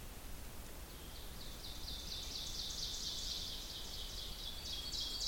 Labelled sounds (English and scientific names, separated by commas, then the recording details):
Ovenbird (Seiurus aurocapilla) song
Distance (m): 90 m
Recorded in boreal forest in Alberta, Canada, on 2 June 2016 at 07:16
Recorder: SongMeter 3, array SBT-3-7
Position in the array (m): 105 m, 23 m
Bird 9